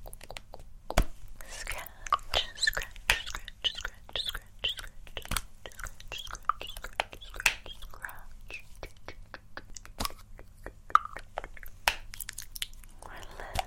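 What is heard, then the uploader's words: Crisp scratching and tapping clicks come rapidly and unevenly over soft wet mouth-like sounds, with a faint low hum underneath throughout. ASMR Tingly Face Touching & Invisible Scratches with Layered Sounds.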